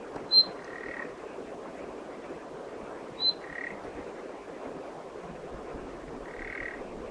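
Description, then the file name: Common nightingale calls: two thin high whistles, each followed by a low rasping croak, then a lone croak, over steady background hiss. "Luscinia megarhynchos"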